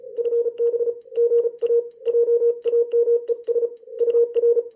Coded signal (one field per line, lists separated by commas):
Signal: Morse code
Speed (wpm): 30 wpm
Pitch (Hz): 470 Hz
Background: none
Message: FB GA JAMES UR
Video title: Sneeze W #morsecode #hamradio #texas